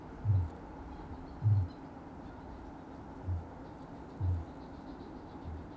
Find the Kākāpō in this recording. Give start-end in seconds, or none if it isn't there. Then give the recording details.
0.09-0.58, 1.34-1.77, 3.07-3.54, 4.10-4.43, 5.27-5.70. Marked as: faintness 3/5, faintness 4/5. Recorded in New Zealand. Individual Sirocco